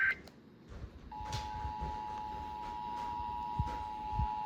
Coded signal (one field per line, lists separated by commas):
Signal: Emergency Alert System (SAME) tones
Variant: 853 and 960 Hz attention tone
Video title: Ranking EAS alarms PT 11￼